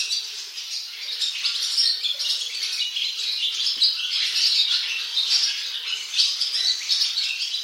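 Bird chatter, a dense, unbroken wash of high squawking and chirping notes that runs throughout with little pause.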